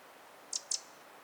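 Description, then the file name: Eurasian wren calls: two sharp, high clicking ticks about a fifth of a second apart, with faint background hiss. "Troglodytes troglodytes"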